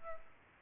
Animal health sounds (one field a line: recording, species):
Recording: mosquito wingbeat signal from an infrared sensor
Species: Aedes albopictus